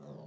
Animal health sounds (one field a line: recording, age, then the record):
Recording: pig call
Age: piglet (1 to 25 days)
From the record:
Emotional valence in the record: negative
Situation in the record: short isolation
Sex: female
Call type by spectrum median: low-frequency call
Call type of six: low-frequency modulated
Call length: 0.28 s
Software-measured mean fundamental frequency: 58 Hz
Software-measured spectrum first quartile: 172 Hz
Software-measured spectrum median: 320 Hz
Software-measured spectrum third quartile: 584 Hz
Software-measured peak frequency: 154 Hz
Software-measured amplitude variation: 116 dB a second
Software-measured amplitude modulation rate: 21.6 a second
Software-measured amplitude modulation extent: 5.3 dB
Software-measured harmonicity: 0.5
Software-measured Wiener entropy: 0.26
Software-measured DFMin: 1113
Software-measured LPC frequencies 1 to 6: 463, 3674, 4559, 5724, 6607, 7512 Hz